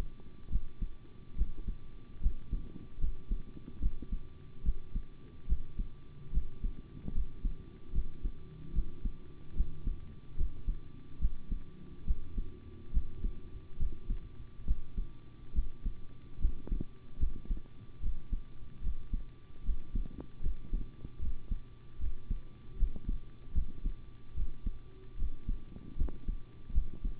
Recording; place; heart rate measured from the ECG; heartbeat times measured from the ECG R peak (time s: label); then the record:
heart sounds by stethoscope; between the tricuspid and mitral areas; 73 bpm
0.50 s: heartbeat
1.36 s: heartbeat
2.21 s: heartbeat
2.99 s: heartbeat
3.80 s: heartbeat
4.63 s: heartbeat
5.47 s: heartbeat
6.32 s: heartbeat
7.13 s: heartbeat
7.93 s: heartbeat
8.73 s: heartbeat
9.55 s: heartbeat
10.36 s: heartbeat
11.19 s: heartbeat
12.05 s: heartbeat
12.92 s: heartbeat
13.78 s: heartbeat
14.65 s: heartbeat
15.53 s: heartbeat
16.39 s: heartbeat
17.18 s: heartbeat
18.01 s: heartbeat
18.81 s: heartbeat
19.63 s: heartbeat
20.41 s: heartbeat
21.19 s: heartbeat
21.99 s: heartbeat
22.77 s: heartbeat
23.53 s: heartbeat
24.34 s: heartbeat
25.17 s: heartbeat
25.96 s: heartbeat
26.73 s: heartbeat
From the record:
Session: rest, sitting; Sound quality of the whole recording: good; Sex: male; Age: 25 years